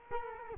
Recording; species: mosquito wingbeat signal from an infrared sensor; Culex quinquefasciatus